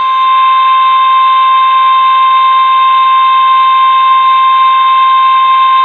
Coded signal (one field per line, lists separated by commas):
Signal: Emergency Alert System (SAME) tones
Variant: 1050 Hz attention tone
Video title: May the 4th Be With You with some EAS Tests (EAS #1200-#1214)